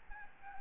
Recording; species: mosquito wingbeat signal from an infrared sensor; Aedes albopictus